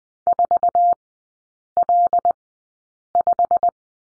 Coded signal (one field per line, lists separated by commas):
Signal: Morse code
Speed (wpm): 20 wpm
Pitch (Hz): 700 Hz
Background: none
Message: 4L5